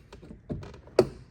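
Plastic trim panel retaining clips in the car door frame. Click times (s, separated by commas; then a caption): 1.0 s. Plastic retaining clips on a Ford Mustang door trim panel are worked loose around the edge of the panel in the car door frame, ahead of removing the side mirror. A few soft taps and light rustles lead up to a sharp, loud snap at 1.0 s as a clip pops out and releases.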